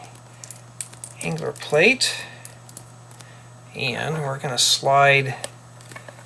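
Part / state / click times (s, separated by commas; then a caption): LEGO bar piece into clip holders / not seated / none. A LEGO bar piece is handled near the plastic clip holders of a minifigure-scale LEGO recliner chair build while someone talks. Small, sharp plastic ticks and taps are scattered between the speech. The bar has not yet seated or clicked into the holders.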